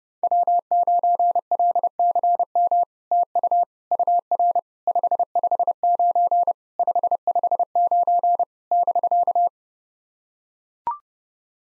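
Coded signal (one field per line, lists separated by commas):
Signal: Morse code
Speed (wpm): 30 wpm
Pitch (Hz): 700 Hz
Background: none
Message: W9LCM TU UR 559 559 <BK>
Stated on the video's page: Computer-generated 30 wpm Morse practice of SOTA QSO exchanges, each sent in Morse, then spoken, then sent again.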